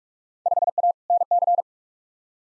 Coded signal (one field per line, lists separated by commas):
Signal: Morse code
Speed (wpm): 46 wpm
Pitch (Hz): 700 Hz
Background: none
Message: 5A NC